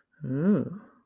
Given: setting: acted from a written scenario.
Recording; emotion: vocal sound without words; romantic love